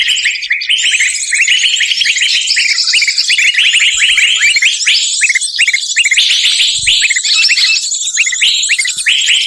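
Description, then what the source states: Bird calls: a dense, continuous chatter of sharp high chirps and trills throughout with no pauses. Lure sound used to attract wary, hard-to-approach birds.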